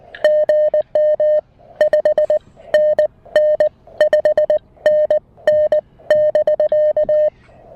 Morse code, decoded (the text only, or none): GM 5NN 5NN <BK>